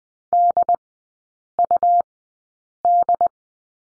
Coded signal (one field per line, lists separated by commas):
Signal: Morse code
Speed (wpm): 20 wpm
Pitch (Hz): 700 Hz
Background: none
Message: DUD